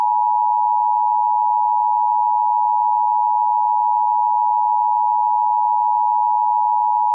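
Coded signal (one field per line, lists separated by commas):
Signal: Emergency Alert System (SAME) tones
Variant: 853 and 960 Hz attention tone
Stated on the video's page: Fictional EAS scenario built with original EAS tones, J-ALERT and TTS voices, produced in MAGIX Movie Studio, Audacity and Balabolka.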